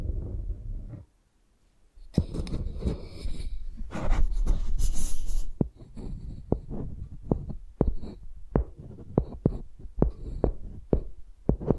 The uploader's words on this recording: Using Mics as Pencils (No Talking).